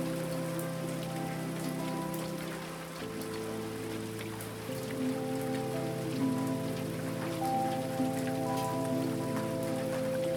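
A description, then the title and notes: Raindrops patter on the roof in a dense, even crackle with frequent sharper ticks throughout. Underneath runs a steady low humming drone that drops in pitch near three seconds and shifts again near five, while the overall level stays constant. Raindrops on the Roof.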